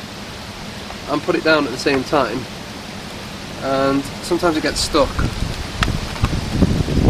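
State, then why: Seated. Someone talks while the folded stem of an electric scooter is lifted and pushed down so its folding latch engages the frame bracket, a mechanism that sometimes gets stuck. A sharp snap at 5.8 s marks the latch seating into place, followed by a softer knock around 6.2 s.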